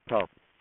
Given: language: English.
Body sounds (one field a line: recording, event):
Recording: throat vibration sensor signal played as sound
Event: speech